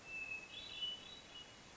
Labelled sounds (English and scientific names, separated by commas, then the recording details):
Hermit Thrush (Catharus guttatus)
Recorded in Sonoma County, California